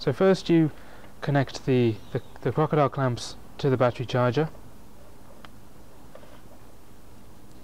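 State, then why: Seated. Someone talks, then the plug of a crocodile-clamp lead is pushed into the socket on a Chargebox battery charger. A sharp click at 5.5 s marks it locking into place, followed by a fainter tick at 6.2 s against a quiet background.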